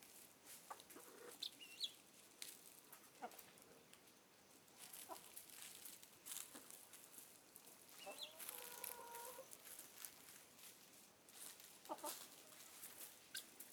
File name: Galinhas cacarejando e andando na grama area externa do galinheiro